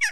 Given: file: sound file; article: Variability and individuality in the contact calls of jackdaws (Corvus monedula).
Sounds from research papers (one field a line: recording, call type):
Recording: jackdaw call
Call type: harmonic